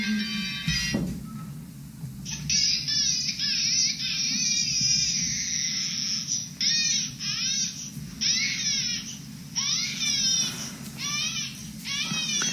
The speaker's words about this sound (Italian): Questo pianto non suscita nessuna tenerezza. Le mamme controllano l'istinto di soppressione quando il pianto sembra non cessare mai. Esasperante.